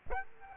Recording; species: mosquito wingbeat signal from an infrared sensor; Aedes aegypti